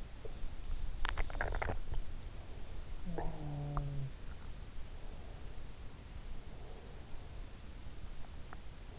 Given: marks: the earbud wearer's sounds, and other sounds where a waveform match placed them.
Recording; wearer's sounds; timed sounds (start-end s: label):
sounds in sleep by an in-ear microphone; swallowing, teeth grinding
0.67-2.06 s: swallowing
2.98-4.44 s: sound from someone else or the room
3.13-3.91 s: teeth grinding
8.37-8.66 s: teeth grinding